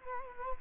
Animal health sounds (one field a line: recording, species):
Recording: mosquito wingbeat signal from an infrared sensor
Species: Culex quinquefasciatus